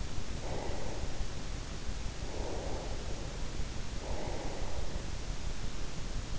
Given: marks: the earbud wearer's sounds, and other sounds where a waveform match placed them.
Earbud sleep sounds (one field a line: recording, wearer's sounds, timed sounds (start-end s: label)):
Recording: sounds in sleep by an in-ear microphone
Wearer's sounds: breath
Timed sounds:
0.23-2.68 s: breath
3.88-6.25 s: breath